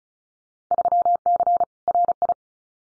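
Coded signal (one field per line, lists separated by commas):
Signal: Morse code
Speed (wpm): 36 wpm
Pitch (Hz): 700 Hz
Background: none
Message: 3C RI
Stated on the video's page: Field Day exchange copying drill at 35 wpm; each exchange sent in Morse, spoken, then sent again.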